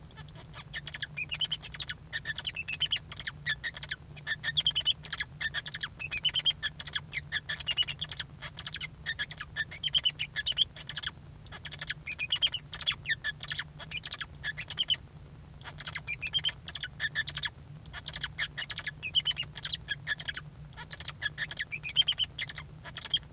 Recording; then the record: song of a male Bengalese finch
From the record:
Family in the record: son of father 2